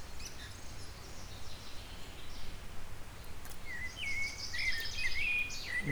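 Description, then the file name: Eurasian blackbird delivering one mellow whistled phrase late, topped with a high thin twittering ending, after several seconds of low background noise. "Turdus merula"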